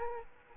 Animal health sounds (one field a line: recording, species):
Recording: mosquito wingbeat signal from an infrared sensor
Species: Aedes aegypti